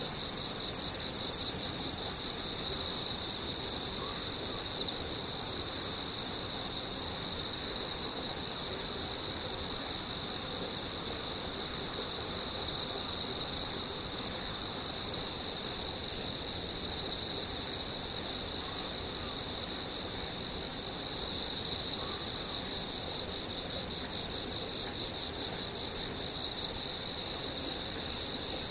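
Insects trill without pause in a high, steady whine, with a fainter higher tone above it and a soft, even rumble underneath.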